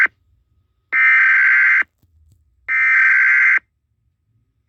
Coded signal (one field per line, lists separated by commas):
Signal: Emergency Alert System (SAME) tones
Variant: header bursts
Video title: onyx2105 eas alert